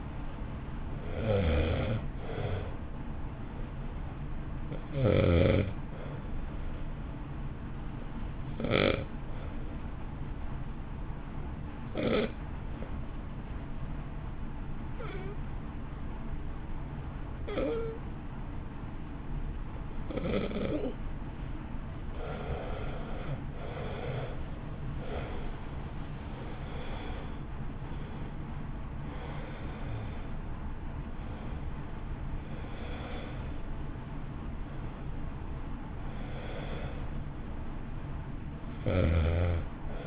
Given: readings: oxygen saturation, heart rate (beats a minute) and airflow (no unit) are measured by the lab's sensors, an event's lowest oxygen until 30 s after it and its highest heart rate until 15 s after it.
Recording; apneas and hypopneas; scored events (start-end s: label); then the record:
breathing in sleep by a smartphone at the bedside; 1
7.00-22.10 s: hypopnea (N1, oxygen 95% highest, then 87% lowest, heart rate 52 at the start, 65 highest)
From the record:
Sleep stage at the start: N1 (lightest sleep); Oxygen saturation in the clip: 86 to 95%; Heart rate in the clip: 52 to 65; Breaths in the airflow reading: 12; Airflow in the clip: -1.5 to 1.8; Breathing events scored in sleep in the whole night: 328 in 6.3 hours asleep